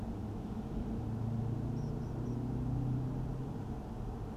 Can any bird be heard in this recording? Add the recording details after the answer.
yes. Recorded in France